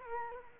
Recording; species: mosquito wingbeat signal from an infrared sensor; Culex quinquefasciatus